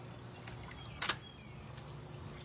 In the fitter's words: circular end goes into the clip. It's going to clip lock into place.